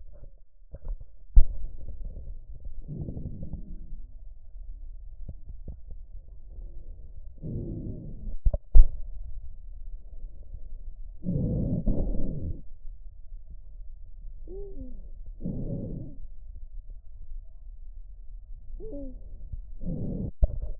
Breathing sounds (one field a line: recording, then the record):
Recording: lung sounds by stethoscope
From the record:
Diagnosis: chronic bronchitis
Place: left posterior upper chest